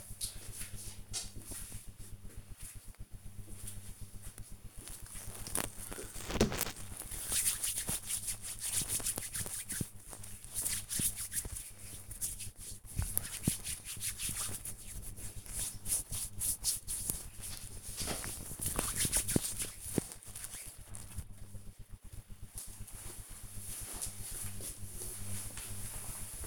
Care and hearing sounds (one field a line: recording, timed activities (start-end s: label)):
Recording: household activities, microphone on the right wrist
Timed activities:
0.00-20.96 s: cream hands